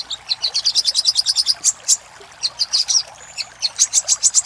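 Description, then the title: Little spiderhunter singing fast runs of high, sharp notes, then a sparser stretch of single chips with a brief gap, against soft steady hiss. Master recording for training cage birds. "Masteran Burung Sogok Ontong Labaik"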